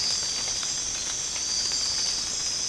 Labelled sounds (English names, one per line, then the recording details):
none
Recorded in secondary vegetation near Puerto Asís, Putumayo, Colombia, on 8 March 2025 at 05:00
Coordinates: 0.485, -76.322
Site G040